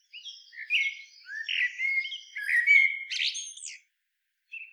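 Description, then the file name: Common blackbird giving a run of varied whistled and chirping notes, ending in a louder squeaky flourish before a brief pause. "Turdus merula"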